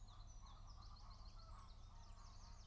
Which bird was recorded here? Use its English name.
Common Chiffchaff